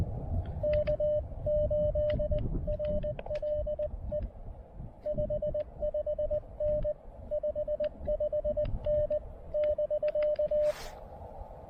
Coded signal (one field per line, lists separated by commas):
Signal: Morse code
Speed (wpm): 19 wpm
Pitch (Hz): 600 Hz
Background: radio noise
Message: K8RLE 55N 55N <BK>